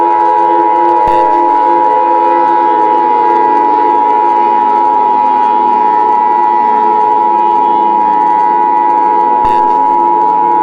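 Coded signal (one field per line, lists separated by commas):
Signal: Emergency Alert System (SAME) tones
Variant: 853 and 960 Hz attention tone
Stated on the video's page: Fictional EAS scenario about worldwide detonations.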